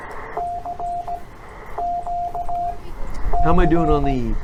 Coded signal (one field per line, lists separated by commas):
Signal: Morse code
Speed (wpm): 17 wpm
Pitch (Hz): 700 Hz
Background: speech, radio noise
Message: CQ C